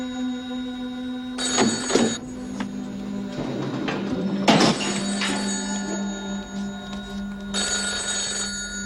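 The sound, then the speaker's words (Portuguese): A telephone bell rings in bright, rattling bursts separated by pauses, over a steady low electrical hum. No one speaks. “Dave, sabia que o telefone está tocando?”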